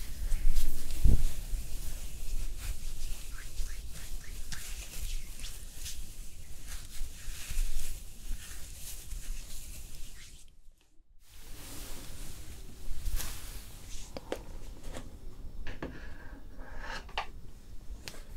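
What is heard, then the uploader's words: Hair brushing and styling: a dense, airy hiss broken by quick bristly strokes at an irregular pace, with a soft low thump near the start. The sound drops to near silence around eleven seconds, then the brushing and rustling resume. ASMR Hair Styling Brushing and Curling w Steam (Layered + No Talking).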